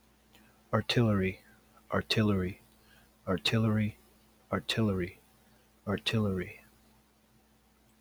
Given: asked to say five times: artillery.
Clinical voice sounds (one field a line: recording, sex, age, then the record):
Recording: repeated word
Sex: male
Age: 40 to 49 years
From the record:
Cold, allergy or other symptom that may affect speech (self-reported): no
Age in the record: 40 years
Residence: Minnesota, United States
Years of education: 12